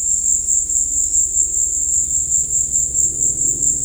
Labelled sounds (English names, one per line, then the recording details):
none
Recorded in dense forest near Puerto Asís, Putumayo, Colombia, on 19 February 2024 at 15:00
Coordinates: 0.472, -76.329
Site G6394